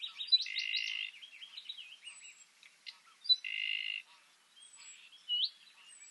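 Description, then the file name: Common nightingale: songbird singing quietly with varied chirps, short whistled notes and two brief buzzy trills separated by pauses, with faint high calls. "Luscinia megarhynchos"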